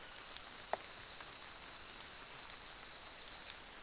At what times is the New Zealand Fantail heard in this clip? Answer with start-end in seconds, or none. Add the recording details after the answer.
1.07-3.08. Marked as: faintness 5/5, faintness 4/5. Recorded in New Zealand on 24 December 2018. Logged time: 06:00